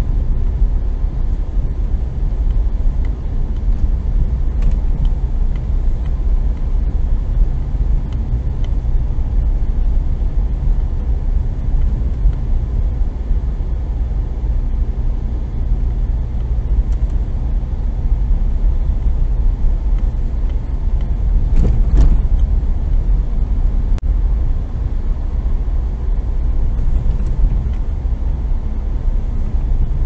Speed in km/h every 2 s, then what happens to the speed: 28, 28, 28, 28, 28, 28, 28, 27, 27, 28, 29, 28, 28, 27, 28.
0-30 steady at about 28.